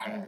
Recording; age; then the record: pig call; piglet (1 to 25 days)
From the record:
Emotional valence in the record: negative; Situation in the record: short isolation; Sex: female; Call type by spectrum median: low-frequency call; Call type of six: low-frequency modulated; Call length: 0.28 s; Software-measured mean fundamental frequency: 69 Hz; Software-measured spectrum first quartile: 338 Hz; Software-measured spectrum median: 700 Hz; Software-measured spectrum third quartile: 1532 Hz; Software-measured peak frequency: 207 Hz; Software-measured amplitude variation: 109 dB a second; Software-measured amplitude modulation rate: 25.2 a second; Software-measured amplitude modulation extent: 4.3 dB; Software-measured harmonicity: 4.2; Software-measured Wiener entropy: -1.54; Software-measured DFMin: 785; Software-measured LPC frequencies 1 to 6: 735, 1523, 2142, 3091, 3760, 5306 Hz